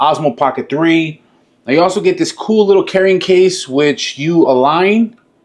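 Someone talks while an Osmo Pocket 3 pocket gimbal camera is lined up with its small carrying case, ready to be pushed in. Nothing has seated or clicked yet; the camera has not snapped into the case by the end of the clip.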